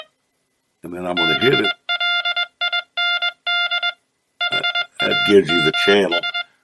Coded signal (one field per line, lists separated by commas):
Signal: Morse code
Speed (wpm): 21 wpm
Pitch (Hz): 1400 Hz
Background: speech, music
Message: BLIND HAMS